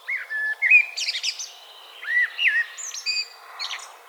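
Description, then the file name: Common blackbird with a run of melodious, fluty warbles and slurred whistles, broken by short bursts of thin high twitter. "Turdus merula"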